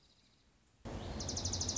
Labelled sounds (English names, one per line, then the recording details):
Dark-eyed Junco
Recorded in Sonoma County, California